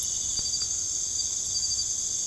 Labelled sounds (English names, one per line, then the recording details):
none
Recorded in secondary vegetation near Puerto Asís, Putumayo, Colombia, on 22 December 2024 at 19:00
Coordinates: 0.468, -76.324
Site G095